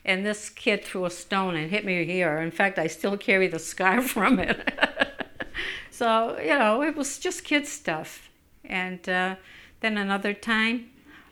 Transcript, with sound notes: And this kid threw a stone and it hit me here. In fact, I still carry the scar from it. ( she laughs ) So, you know, it was just kid stuff, and then another time